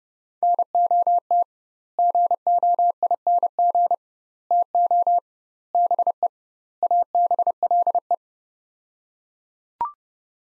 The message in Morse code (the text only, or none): NOT GOING TO BE ABLE